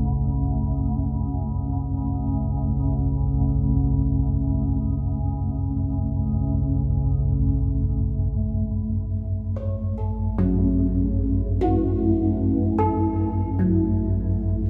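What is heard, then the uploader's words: Binaural beats: a low, steady hum made of layered tones, with a fine, regular pulsing in the deepest notes. For the first nine seconds it holds unchanged; after that, new ringing tones enter every second or so, like struck bowls, shifting the chord. Binaural beats.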